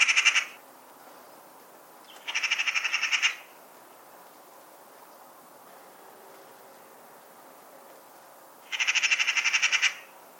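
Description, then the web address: Bird calling in harsh, rapid rattling bursts of about a second each, pulsed notes stacked in bands, three bursts separated by quiet gaps. "cianscape birddata Deverinetal 2025"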